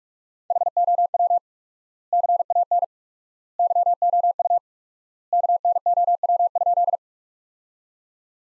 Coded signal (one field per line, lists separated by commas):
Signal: Morse code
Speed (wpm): 41 wpm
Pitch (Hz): 700 Hz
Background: none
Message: HOW CAN YOU KNOW?